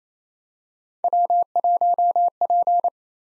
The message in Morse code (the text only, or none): W1P